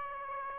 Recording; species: mosquito wingbeat signal from an infrared sensor; Aedes aegypti